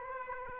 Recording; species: mosquito wingbeat signal from an infrared sensor; Aedes aegypti